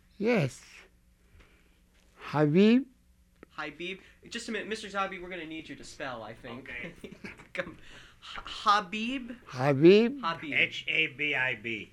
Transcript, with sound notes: Yes. Habib.
Habib. Just a minute, Mr. Zogby, we're going to need you to spell, I think. ( he laughs )
Okay.
Habib.
Habib.
H-A-B-I-B.